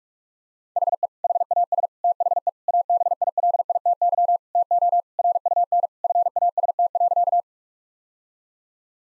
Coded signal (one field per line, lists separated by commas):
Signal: Morse code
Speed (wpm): 41 wpm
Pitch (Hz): 700 Hz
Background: none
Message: HE HAS THE ABILITY TO RUN FAST.